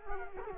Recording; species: mosquito wingbeat signal from an infrared sensor; Culex quinquefasciatus